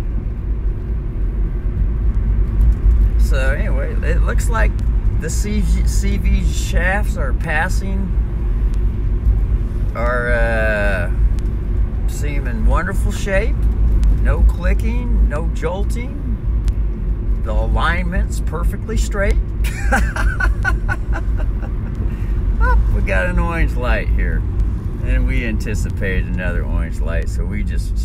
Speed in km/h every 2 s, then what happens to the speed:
38, 39, 39, 40, 40, 40, 41, 41, 40, 39, 40, 37, 33, 24.
0-21 steady at about 40. 21-28 slows to 24.